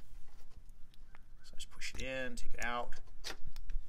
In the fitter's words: it clicks. At that point, we're nice and snug.